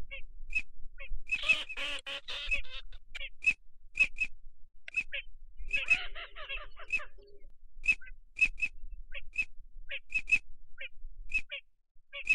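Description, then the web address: Ducks calling: rapid harsh quacking bursts early and midway, among many short, sharp whistled notes repeated irregularly. Migratory ducks, male and female. "Male and female migratory ducks. صدای-مرغابی-های-مهاجر-نر-و-ماده"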